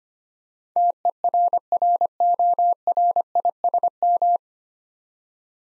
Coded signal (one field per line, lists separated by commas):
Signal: Morse code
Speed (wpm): 25 wpm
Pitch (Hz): 700 Hz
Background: none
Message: TERRORISM